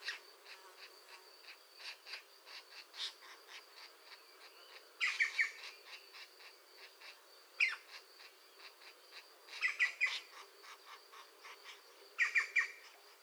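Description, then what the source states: European green woodpecker calls: a few harsh bursts of short notes over a background of soft, rhythmic ticking notes. A pair active at the nest.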